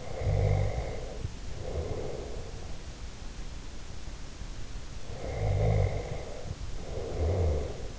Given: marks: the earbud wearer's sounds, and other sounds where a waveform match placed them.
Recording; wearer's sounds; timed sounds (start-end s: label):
sounds in sleep by an in-ear microphone; snoring breath
0.20-2.67 s: snoring breath
5.27-7.99 s: snoring breath